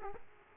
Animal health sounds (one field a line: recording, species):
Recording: mosquito wingbeat signal from an infrared sensor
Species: Aedes aegypti